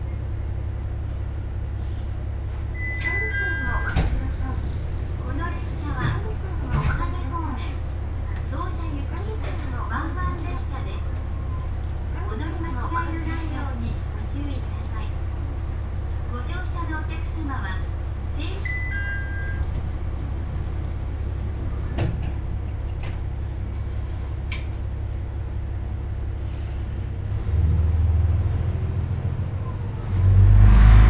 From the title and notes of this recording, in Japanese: 耳で楽しむ鉄道旅 井原鉄道 早雲の里荏原→総社。